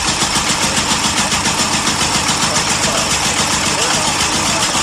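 The original sound of a 1902 automobile, the car of the Marqués de Bolaños and the first automobile registered in Spain, in Madrid: its engine runs steadily, a loud, rhythmic low chugging pulsing without pause under a bright mechanical rattle for the whole stretch.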